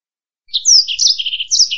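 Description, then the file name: Black-throated canary singing a short, high phrase of slurred whistles and quick buzzy trills, lasting over a second. "suara burung blackthroat"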